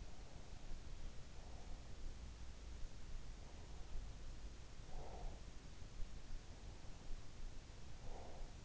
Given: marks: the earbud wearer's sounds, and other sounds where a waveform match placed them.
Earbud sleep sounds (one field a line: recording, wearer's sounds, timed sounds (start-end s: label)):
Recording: sounds in sleep by an in-ear microphone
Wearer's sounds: breath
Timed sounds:
1.02-2.67 s: breath
4.49-5.94 s: breath
7.85-8.65 s: breath